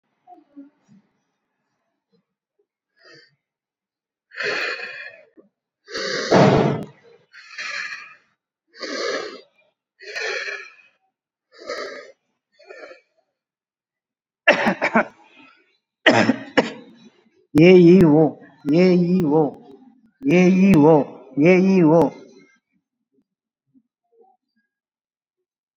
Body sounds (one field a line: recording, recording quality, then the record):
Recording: deep breathing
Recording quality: poor, much background noise or distortion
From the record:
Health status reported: COVID-19 positive, mild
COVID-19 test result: positive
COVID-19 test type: RT-PCR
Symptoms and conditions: cough, cold, breathing difficulty, fever, fatigue, loss of smell and taste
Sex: male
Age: 35 years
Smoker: no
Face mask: worn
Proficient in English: yes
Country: India